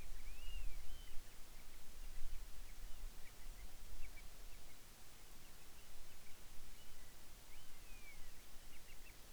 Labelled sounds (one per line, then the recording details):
bird
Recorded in the Arctic National Wildlife Refuge, Alaska, on 10 July 2019 at 18:06
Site 44